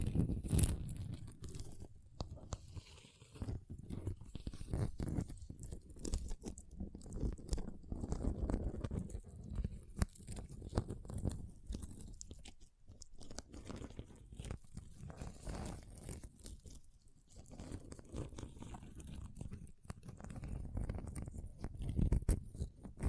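Ice being tapped, scratched and carved, heard as a dense, uneven run of short crunching and scraping strokes that barely pause across the whole stretch. The strokes are mostly low and gritty, with sharp bright clicks standing out now and then, especially near the start and around ten seconds.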